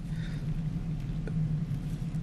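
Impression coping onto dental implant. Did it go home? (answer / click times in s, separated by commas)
no / none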